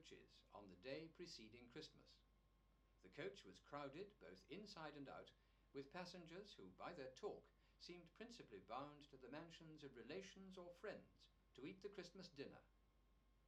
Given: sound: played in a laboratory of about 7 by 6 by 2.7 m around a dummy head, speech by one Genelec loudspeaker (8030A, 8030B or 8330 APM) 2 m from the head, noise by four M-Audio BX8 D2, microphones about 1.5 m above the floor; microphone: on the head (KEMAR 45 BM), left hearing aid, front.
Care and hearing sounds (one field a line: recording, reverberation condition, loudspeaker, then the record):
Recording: male speech in English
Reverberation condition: low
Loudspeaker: 120 degrees to the left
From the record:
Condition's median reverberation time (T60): about 310 ms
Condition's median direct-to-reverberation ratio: about 3.5 dB